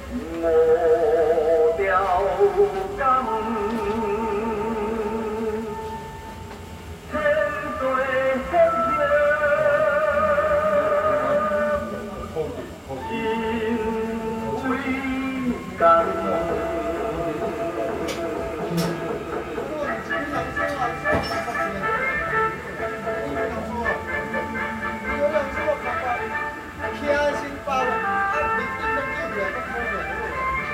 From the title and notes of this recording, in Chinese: 農曆六月上旬某日黃昏，樹德公園旁張李莫府千歲廟-北安府所在的小巷內，一些人聚集並忙碌著。被民宅包圍的廟的小小主殿內，循環播放著慶典主題歌。